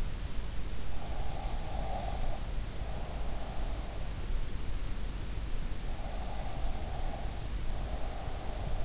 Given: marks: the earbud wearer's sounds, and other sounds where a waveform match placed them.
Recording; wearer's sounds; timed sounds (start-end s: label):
sounds in sleep by an in-ear microphone; breath
1.05-3.96 s: breath
6.09-8.85 s: breath